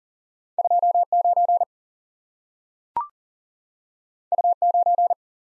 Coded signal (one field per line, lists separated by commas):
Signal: Morse code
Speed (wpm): 43 wpm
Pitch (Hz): 700 Hz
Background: none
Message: 2 9 U 9